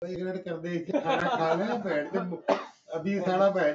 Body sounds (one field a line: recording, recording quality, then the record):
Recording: deep breathing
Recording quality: poor, much background noise or distortion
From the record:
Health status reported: healthy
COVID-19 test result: not tested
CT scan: not taken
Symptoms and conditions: none ticked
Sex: male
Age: 31 years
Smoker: no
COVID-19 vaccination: both doses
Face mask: worn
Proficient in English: yes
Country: India